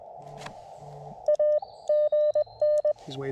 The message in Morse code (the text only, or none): A GN